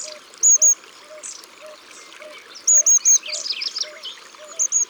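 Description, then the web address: Common nightingale song with loud piercing high whistles in short repeated groups and scratchy notes, over a steadily pulsing low note. "Rossignol philomele. abc de la nature"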